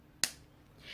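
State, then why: Seated. The plastic cap of a Kiko metal-finish lipstick is snapped closed onto its black plastic tube, giving one sharp, bright click at 0.2 s that fades quickly, followed by a faint high hiss near the end. The cap seats firmly, so it won't open by accident in a bag.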